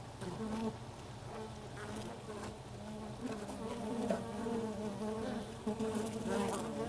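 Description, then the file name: Honey bees buzzing in a steady, low hum with a rich harmonic drone, the tone wavering slightly as many wingbeats blend together. Recorded inside a beehive. "Ruche Interieur"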